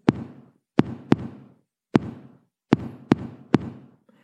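Tapped imitation of an adult heartbeat in typical ('normal') atrial fibrillation: irregular, disordered beats at a slow average rate of roughly 38 per minute, with uneven gaps between taps.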